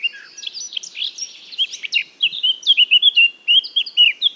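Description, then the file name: Eurasian blackcap delivering a hurried scratchy warble that turns into a string of loud, pure, fluted whistles in quick succession. "Sylvia atricapilla"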